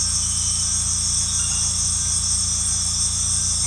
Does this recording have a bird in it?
no